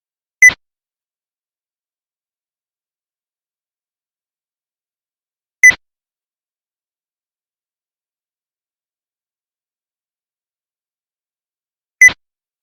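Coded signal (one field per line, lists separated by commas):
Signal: roger beep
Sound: three short high beeps, each ending in a brief burst of static, spaced apart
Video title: Walkie Talkie Roger Beep Sound Effect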